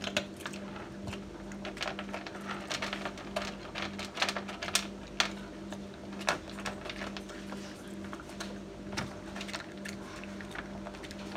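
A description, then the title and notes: A dog eats its dinner: dense, irregular crunches and clicks of kibble over a steady low pulsing hum. Daily rituals of a dog dinner time.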